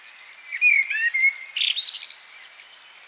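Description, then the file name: Common blackbird giving a quick run of high, sliding chirps and thin whistled notes. "Turdus merula"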